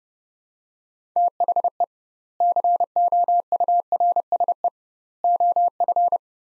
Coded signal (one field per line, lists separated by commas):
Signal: Morse code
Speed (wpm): 30 wpm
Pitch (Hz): 700 Hz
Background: none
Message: THE COURSE OF